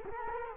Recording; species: mosquito wingbeat signal from an infrared sensor; Culex quinquefasciatus